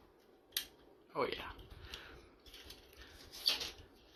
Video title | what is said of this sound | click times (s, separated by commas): transformers armada demolisher | And they have a nice click to it. | 0.6 s